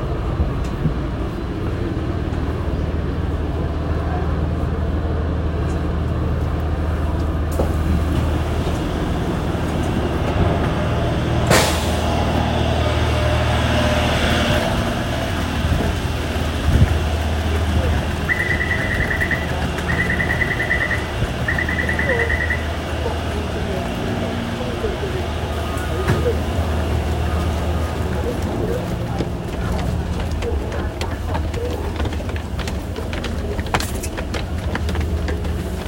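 A Taipei metro ride from the main station: a steady low rumble with a droning hum runs throughout, with murmured speech underneath. A sharp clack lands near twelve seconds, and three short beeps sound in a row around twenty seconds.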